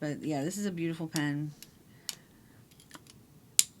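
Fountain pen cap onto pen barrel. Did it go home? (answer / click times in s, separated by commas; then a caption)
yes / 3.6 s. Someone talks briefly, then a fountain pen's cap is pushed onto the pen barrel amid a few small handling ticks. The cap snaps shut with a loud, sharp click at 3.6 s, seating fully, a very satisfying, extreme click.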